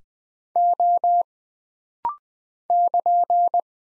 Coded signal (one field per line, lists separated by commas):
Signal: Morse code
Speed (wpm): 20 wpm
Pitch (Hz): 700 Hz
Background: none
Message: O <KN>